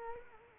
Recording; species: mosquito wingbeat signal from an infrared sensor; Culex quinquefasciatus